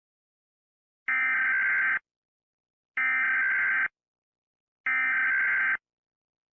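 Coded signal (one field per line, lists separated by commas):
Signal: Emergency Alert System (SAME) tones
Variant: header bursts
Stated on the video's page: Fictional EAS scenario.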